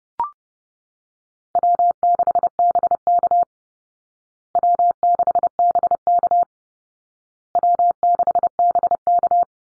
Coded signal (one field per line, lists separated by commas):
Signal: Morse code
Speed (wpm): 30 wpm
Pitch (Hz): 700 Hz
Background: none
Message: W6BK W6BK W6BK